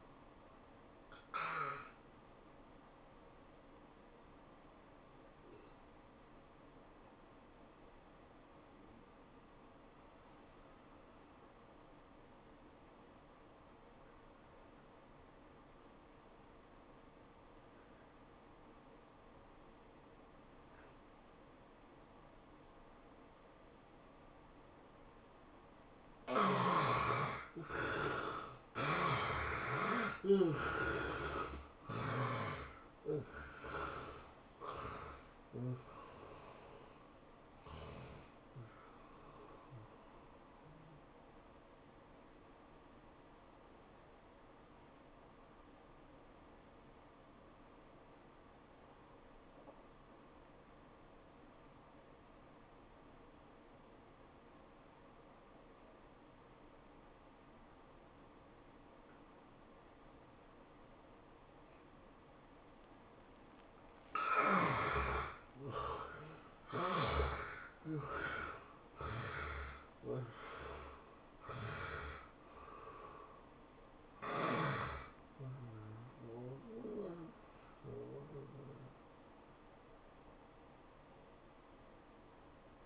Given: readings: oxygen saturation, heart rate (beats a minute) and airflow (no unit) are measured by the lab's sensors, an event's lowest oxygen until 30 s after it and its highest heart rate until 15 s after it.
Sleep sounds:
breathing in sleep by a voice recorder at the bedside; 2
4.00-26.00 s: obstructive apnea (N2, oxygen 97% highest, then 73% lowest, heart rate 99 at the start, 108 highest)
6.00-36.00 s: new sleep stage, N1 (lightest sleep)
36.00-66.00 s: new sleep stage, awake
38.00-67.00 s: awake
44.00-65.80 s: obstructive apnea (scored as awake, oxygen 95% highest, then 75% lowest, heart rate 95 at the start, 104 highest)
66.00-82.86 s: new sleep stage, N1 (lightest sleep)
From the record:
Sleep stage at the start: N2 (light sleep); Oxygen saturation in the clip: 73 to 97%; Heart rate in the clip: 79 to 108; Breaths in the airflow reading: 9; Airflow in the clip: -14.4 to 12.4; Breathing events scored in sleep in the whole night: 403 in 5.5 hours asleep

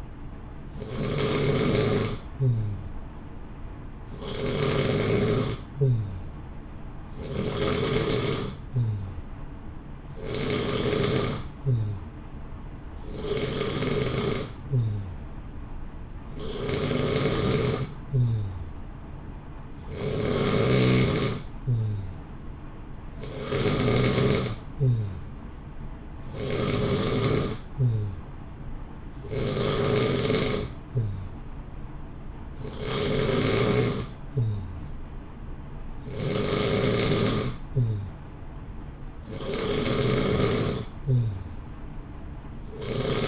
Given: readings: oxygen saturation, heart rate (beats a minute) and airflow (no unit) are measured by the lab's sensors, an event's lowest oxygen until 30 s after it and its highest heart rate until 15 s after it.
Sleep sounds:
breathing in sleep by a smartphone at the bedside; none
20.00-43.28 s: new sleep stage, N3 (deep sleep)
From the record:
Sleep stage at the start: N2 (light sleep); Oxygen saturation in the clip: 89 to 90%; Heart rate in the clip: 60 to 64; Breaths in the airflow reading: 15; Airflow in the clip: -0.7 to 0.8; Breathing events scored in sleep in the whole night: 328 in 6.3 hours asleep

